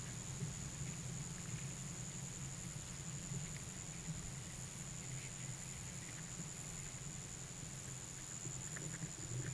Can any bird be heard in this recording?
no